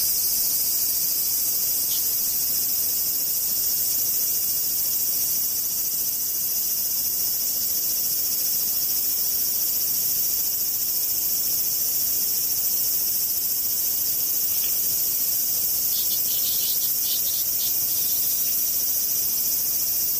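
Cicadas drone without a break for the whole twenty seconds, a dense, high, hissing buzz that holds the same level throughout. A few brief, brighter chirps stand out around two seconds, near fourteen seconds and again between sixteen and eighteen seconds.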